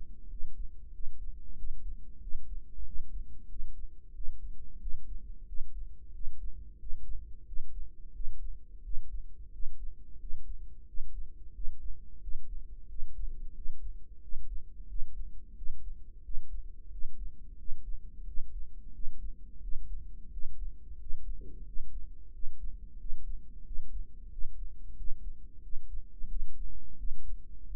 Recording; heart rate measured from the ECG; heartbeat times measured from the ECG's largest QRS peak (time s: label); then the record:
heart sounds by microphone in the right ear; 90 bpm
0.31 s: heartbeat
0.94 s: heartbeat
1.58 s: heartbeat
2.22 s: heartbeat
2.86 s: heartbeat
3.50 s: heartbeat
4.15 s: heartbeat
4.81 s: heartbeat
5.48 s: heartbeat
6.14 s: heartbeat
6.80 s: heartbeat
7.47 s: heartbeat
8.15 s: heartbeat
8.84 s: heartbeat
9.53 s: heartbeat
10.21 s: heartbeat
10.88 s: heartbeat
11.55 s: heartbeat
12.22 s: heartbeat
12.89 s: heartbeat
13.56 s: heartbeat
14.22 s: heartbeat
14.89 s: heartbeat
15.57 s: heartbeat
16.24 s: heartbeat
16.92 s: heartbeat
17.59 s: heartbeat
18.27 s: heartbeat
18.94 s: heartbeat
19.62 s: heartbeat
20.32 s: heartbeat
21.00 s: heartbeat
21.66 s: heartbeat
22.34 s: heartbeat
22.99 s: heartbeat
23.66 s: heartbeat
24.31 s: heartbeat
24.97 s: heartbeat
25.63 s: heartbeat
26.30 s: heartbeat
26.98 s: heartbeat
27.67 s: heartbeat
From the record:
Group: healthy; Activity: rest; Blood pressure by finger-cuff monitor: 148/91 mmHg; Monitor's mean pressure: 109 mmHg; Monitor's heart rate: 90 bpm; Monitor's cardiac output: 7.3 L/min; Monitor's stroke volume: 80 mL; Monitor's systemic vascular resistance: 1120 dyn s/cm5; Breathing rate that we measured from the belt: 17 breaths a minute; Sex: male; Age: 21 years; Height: 175 cm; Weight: 72.6 kg